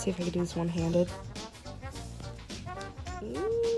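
Someone talks over brass-led music while handling the one-handed snap fastener of a fabric leash sleeve wrapped around a 1 inch nylon dog-guide leash. The snap is being closed but has not snapped shut yet, so nothing has seated or clicked.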